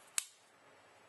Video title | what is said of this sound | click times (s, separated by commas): HitGuns.com - Airsoft Gun Guide - Pt. 2 of 2 DBoy BI-3181 Basic Tutorial | the top has a circular peg right here that locks into place so you just want to simple | 0.2 s